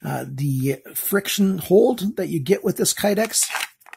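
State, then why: Not seated. Someone talks while handling a CIMA C896 hawkbill fixed-blade knife and its Kydex sheath, which holds the blade by friction retention. A few faint, brief ticks occur around 3.8–3.9 s as speech stops. The knife has not yet snapped or seated into the sheath.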